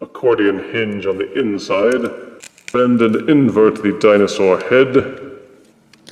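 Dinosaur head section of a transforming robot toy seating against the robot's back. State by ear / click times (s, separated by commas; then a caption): not seated / none. Someone talks while handling a transforming robot toy, bending its plastic dinosaur head section along the accordion hinge on the inside and inverting it so it will push into place against the robot's back. A couple of faint, short handling sounds come near the end, at about 5.9 and 6.1 seconds. Nothing has seated or clicked yet.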